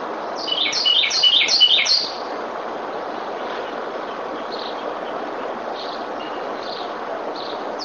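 Bird chirps in a quick burst of bright, rapid notes over the first two seconds, then scattered faint chirps against a steady hiss of background noise.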